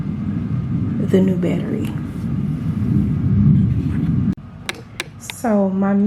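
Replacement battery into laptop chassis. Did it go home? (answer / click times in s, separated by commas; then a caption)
yes / 4.7 s, 5.0 s. A new laptop battery, a plastic pack with its cable connector, is pushed back into the chassis of a Dell XPS 15 laptop while someone talks over a low background rumble. Sharp clicks at 4.7 s and 5.0 s mark the replacement battery snapping into place, seated.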